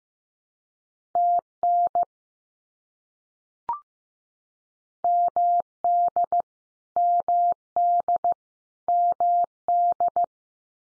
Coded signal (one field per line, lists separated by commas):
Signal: Morse code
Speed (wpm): 15 wpm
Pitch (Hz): 700 Hz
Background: none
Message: TN MD MD MD